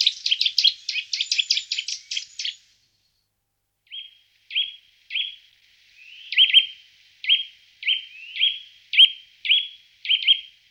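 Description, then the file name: Eurasian nuthatch: a fast excited chatter for over two seconds, then after a short silence a series of clear whistled notes repeated at short intervals. "Picchio muratore"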